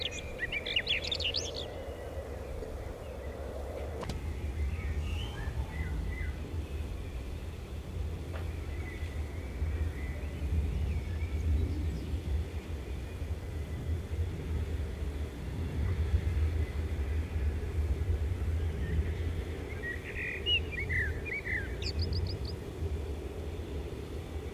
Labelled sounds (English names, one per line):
Common Blackbird song